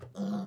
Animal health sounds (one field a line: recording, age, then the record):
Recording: pig call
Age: piglet (1 to 25 days)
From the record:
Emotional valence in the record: negative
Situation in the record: short isolation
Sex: male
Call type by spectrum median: low-frequency call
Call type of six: mixed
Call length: 0.47 s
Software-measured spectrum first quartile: 197 Hz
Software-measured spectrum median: 254 Hz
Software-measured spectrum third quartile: 654 Hz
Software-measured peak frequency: 200 Hz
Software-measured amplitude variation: 152 dB a second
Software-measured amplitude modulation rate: 18.1 a second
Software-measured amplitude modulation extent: 8.4 dB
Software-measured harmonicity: 7.6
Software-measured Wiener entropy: -0.70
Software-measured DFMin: 1459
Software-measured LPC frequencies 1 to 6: 1300, 3360, 4642, 6009, 7375, 9331 Hz